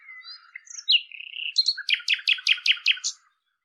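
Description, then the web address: Common nightingale song: soft whistled and slurred notes open the phrase, followed by a fast, evenly repeated run of sharp, rattling chips. "cianscape birddata Deverinetal 2025"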